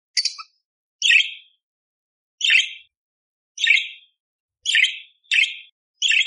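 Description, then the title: Budgerigar calls, a series of seven short harsh buzzy chirps. Masteran for training songbirds, clear and lively (gacor jernih) with rough tembakan fill phrases, suited for Kacer. "Masteran Burung Parkit Gacor Jernih Isian Tembakan Kasar Cocok Buat Kacer"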